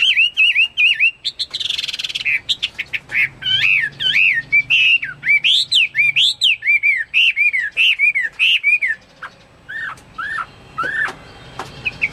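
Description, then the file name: Chinese hwamei singing a lively stream of whistled, swooping phrases with a brief harsh note, fading into softer chirps. "omkicau hwamei"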